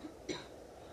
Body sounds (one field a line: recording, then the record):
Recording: coughing mixed with background sound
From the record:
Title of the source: female coughing - coughing sound effects girl